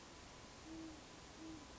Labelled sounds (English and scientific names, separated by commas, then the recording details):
Great Horned Owl (Bubo virginianus)
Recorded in Sonoma County, California